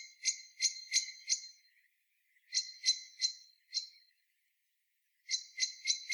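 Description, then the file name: Common blackbird uttering short series of harsh clicking notes, roughly three per second, in three bursts broken by brief silences. "Turdus merula"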